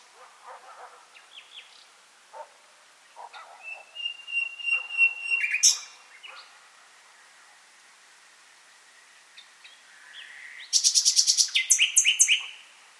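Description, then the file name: Common nightingale song with soft scattered notes, a swelling whistled phrase, a pause, then a loud rapid rattling trill and sharp chirps near the end. "Luscinia megarhynchos"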